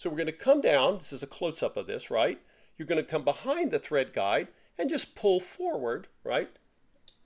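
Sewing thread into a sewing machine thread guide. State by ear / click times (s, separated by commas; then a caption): seated / 7.1 s. Sewing thread is pulled forward from behind a small hoop-shaped metal thread guide on a vintage Singer sewing machine while someone talks. The thread snaps into the guide with a faint, short click at 7.1 s, seating it in place.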